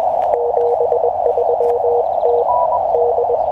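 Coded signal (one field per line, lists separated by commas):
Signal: Morse code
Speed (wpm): 20 wpm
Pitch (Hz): 480 Hz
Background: radio noise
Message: 73 TD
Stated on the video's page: QRP CW from a park activation on a QCX-mini transceiver with a 10 m end-fed antenna on a 7 m mast; band empty, few RBN spots.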